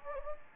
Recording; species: mosquito wingbeat signal from an infrared sensor; Anopheles gambiae